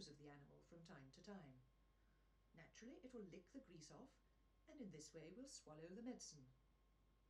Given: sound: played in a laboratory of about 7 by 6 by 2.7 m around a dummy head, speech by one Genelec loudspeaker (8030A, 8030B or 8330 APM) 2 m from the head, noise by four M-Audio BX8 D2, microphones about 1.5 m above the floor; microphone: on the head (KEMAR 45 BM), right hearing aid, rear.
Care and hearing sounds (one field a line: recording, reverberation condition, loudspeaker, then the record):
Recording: female speech in English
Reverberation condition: low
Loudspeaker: in front (0 degrees)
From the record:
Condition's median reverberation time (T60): about 310 ms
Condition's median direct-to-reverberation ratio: about 3.5 dB